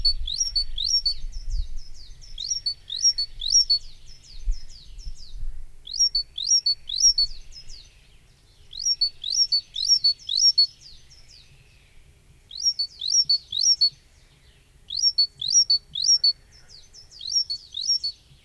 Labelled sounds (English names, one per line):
Coal Tit song